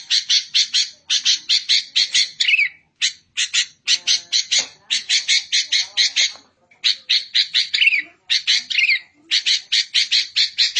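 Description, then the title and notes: Bird song of long runs of fast, harsh, scratchy notes, with a few short whistled slurs and brief pauses. Masteran recording: bird song used for training caged songbirds. "MASTERAN BURUNG. suarane manok"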